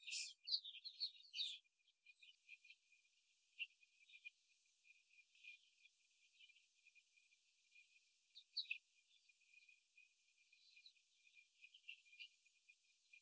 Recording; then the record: young laying hens in a cage, short pieces joined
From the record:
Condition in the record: after the stressor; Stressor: simulated dog barking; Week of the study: 3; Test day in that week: 2